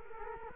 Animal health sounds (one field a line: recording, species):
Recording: mosquito wingbeat signal from an infrared sensor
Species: Culex quinquefasciatus